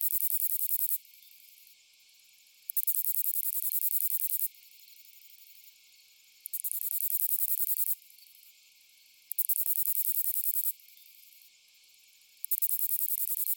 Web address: Crickets and Katydids. Lesser Pine Katydid, Orchelimum minor